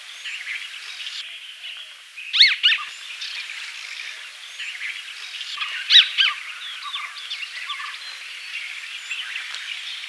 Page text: Crested Treeswift Calls - Quick Sounds